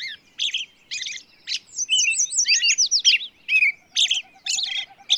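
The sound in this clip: Bird delivering chattering song: sharp high notes, then a run of repeated downslurred whistles, more chirps, and a soft low pulsing series near the end.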